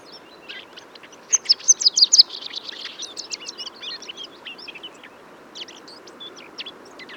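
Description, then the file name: Eurasian blackcap singing, starting with soft chatter, then a loud run of rapid repeated high notes, fading into quieter rambling warbles. "Sylvia atricapilla"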